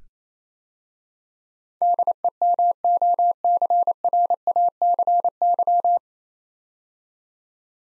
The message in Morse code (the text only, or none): DEMOCRACY